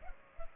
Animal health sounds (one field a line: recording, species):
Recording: mosquito wingbeat signal from an infrared sensor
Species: Culex pipiens